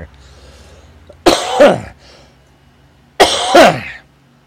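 A brief voiced hum is followed by two loud, harsh coughs about two seconds apart, each a quick double burst, from an adult man who is still a little sick in the final stage of a sinus illness. These are ordinary coughs in a quiet room, with no wheeze or whoop between them.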